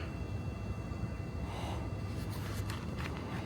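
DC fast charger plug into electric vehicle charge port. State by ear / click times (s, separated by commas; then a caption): not seated / none. A DC fast-charging connector is pushed into an electric vehicle's charge port, but its broken plastic latch does not lock into the vehicle. Over a steady low rumble, brief sharp knocks sound at about 2.7 and 3.2 seconds. Nothing has latched yet.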